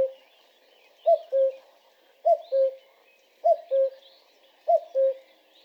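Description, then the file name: Common cuckoo calling its two-note cu-coo, the first note higher and the second lower, repeated about every 1.2 seconds, with faint twittering birds behind. Described as tireless cuckoos. "infatigables coucous"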